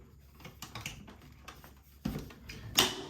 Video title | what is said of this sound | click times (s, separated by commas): Bissell Little Green ProHeat Unboxing and First Cleaning | It snaps in place, secure like that. | 2.8 s